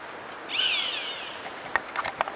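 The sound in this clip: Bird call: one high, thin note slurring downward, followed by several soft clicks and taps in a background hiss.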